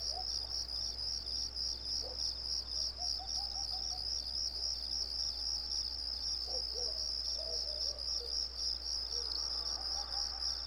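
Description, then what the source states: Crickets keep up a fast high-pitched chirping rhythm while short series of faint lower chirping notes sound in the background over a low hum. Recorded on a residential street.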